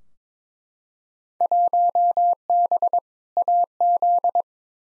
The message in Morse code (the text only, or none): 1B AZ